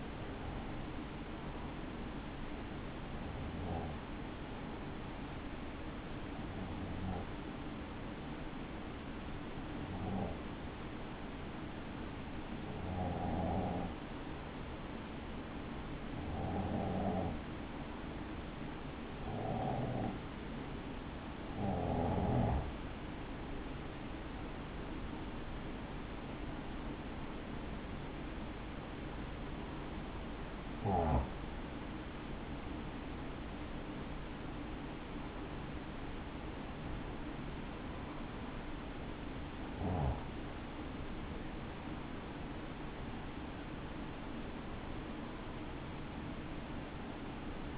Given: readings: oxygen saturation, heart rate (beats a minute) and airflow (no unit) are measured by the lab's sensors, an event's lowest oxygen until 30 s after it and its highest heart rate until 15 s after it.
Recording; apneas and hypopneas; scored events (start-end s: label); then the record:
breathing in sleep by a voice recorder at the bedside; 1
3.00-23.90 s: hypopnea (N2, oxygen 94% highest, then 92% lowest, heart rate 55 at the start, 66 highest)
15.00-47.78 s: new sleep stage, N1 (lightest sleep)
From the record:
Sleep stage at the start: N2 (light sleep); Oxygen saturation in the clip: 92 to 94%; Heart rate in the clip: 54 to 66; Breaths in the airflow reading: 15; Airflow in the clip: -3.4 to 4.5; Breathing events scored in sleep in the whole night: 216 in 7.0 hours asleep